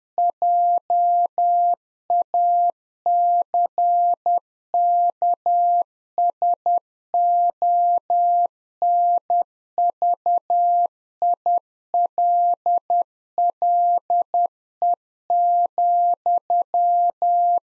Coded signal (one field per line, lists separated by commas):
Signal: Morse code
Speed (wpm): 10 wpm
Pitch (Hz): 700 Hz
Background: none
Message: JACKSONVILLE,